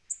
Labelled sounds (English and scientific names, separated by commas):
Tennessee Warbler (Leiothlypis peregrina) flight call